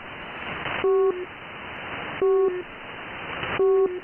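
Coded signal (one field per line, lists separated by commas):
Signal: channel marker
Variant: UVB-76 (The Buzzer)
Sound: three short harsh buzzes, about 0.3 s each, evenly spaced in hissing static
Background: radio static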